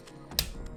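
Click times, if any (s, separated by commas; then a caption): 0.4 s. A section of a plastic Nemesis Transforms Mecha Invasion GLA-05 Excavator transforming-robot figure is raised until it locks into the torso. A sharp, loud click is heard at 0.4 s over quiet handling noise, and the part is seated in place.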